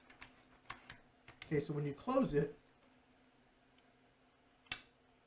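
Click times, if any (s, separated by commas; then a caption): 4.7 s. A cocking lever on an air rifle's cam system is closed, with a few light clicks and handling taps early on and someone talking from about 1.5 to 2.5 s. A sharp, loud click at 4.7 s marks the cam locking fully shut so it will not pop open.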